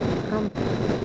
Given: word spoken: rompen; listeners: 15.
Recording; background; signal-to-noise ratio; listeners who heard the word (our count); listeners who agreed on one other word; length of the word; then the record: one Spanish word in noise, from a listening test; noise modulated by three-talker babble; -3.2 dB; 1 of 15; 8 of 15; 0.65 s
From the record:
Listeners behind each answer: 8, 2, 1, 1, 1, 1, 1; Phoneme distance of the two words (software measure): 7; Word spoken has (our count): 2 syllables, 6 phonemes, stress on syllable 1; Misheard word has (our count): 2 syllables, 5 phonemes, stress on syllable 1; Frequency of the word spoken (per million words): 4.52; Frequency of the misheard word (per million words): 14.06